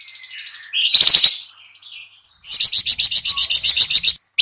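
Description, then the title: Sooty-headed bulbul calls: soft thin notes, a loud harsh burst, a pause, then a quick run of rhythmic chattering notes that stops abruptly. Lure recording (pikat) in a noisy, combined calling style. "PIKAT KUTILANG RIBUT KOMBINASI"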